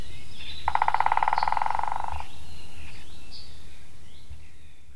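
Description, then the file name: White-backed woodpecker drumming: one rapid, even roll of taps lasting about one and a half seconds, with faint bird calls and a low rumble underneath. "fehérhátú fakopáncs dob"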